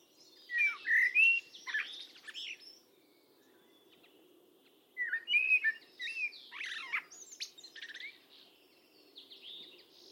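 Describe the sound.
Bird calls: bursts of high whistled and slurred notes with chattering chirps, one burst early, then a quiet gap, then a second, busier burst from about five seconds.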